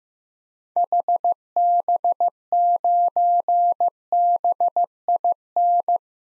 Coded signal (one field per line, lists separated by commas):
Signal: Morse code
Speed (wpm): 15 wpm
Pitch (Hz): 700 Hz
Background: none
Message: HB9BIN